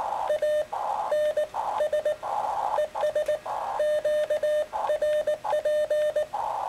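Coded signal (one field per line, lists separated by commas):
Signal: Morse code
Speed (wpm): 19 wpm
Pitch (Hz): 600 Hz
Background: none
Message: ANS ES QRP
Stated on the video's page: Morse contact with New Zealand made using 2 watts.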